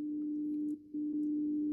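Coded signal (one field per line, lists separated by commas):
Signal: radio time signal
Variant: DCF77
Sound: steady low tone that briefly drops in level once, about a fifth of a second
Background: radio static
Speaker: The DCF77 time signal is a perfect reference, as it's arriving with constant field strength at my location.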